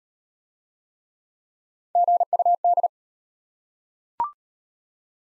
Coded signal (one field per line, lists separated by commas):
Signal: Morse code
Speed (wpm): 33 wpm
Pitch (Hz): 700 Hz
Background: none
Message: GUD